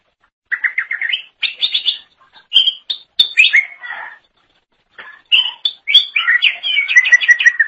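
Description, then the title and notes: Leafbird delivering quick trills and varied whistled and chattering notes in short bursts, ending in a busy warble. "Suara Kicauan Burung Cucak Ijo Durasi Panjang"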